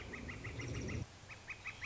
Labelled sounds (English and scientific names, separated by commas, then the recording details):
Northern Flicker (Colaptes auratus)
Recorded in Sonoma County, California